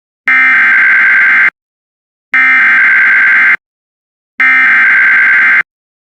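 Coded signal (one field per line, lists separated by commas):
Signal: Emergency Alert System (SAME) tones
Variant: header bursts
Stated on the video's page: Severe thunderstorm warning EAS received on an internet stream, screen-recorded.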